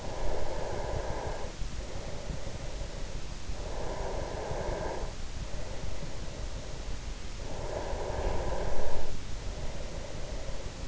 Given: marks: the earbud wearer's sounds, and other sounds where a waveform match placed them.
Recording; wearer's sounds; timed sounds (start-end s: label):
sounds in sleep by an in-ear microphone; breath
0.00-3.37 s: breath
3.63-7.07 s: breath
7.30-10.88 s: breath